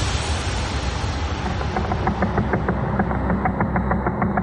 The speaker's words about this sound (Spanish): Cuando lo escuchamos a velocidad lenta, el siseo del tono se convierte en un estallido rítmico. Es el sonido que emite una extraña clase de estrellas de neutrones llamadas púlsares.